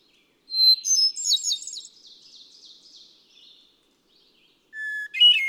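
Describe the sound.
Hermit thrush song: a high phrase of a clear note and rippling descending warbles trailing off, then a new phrase opening on a lower, steady whistle.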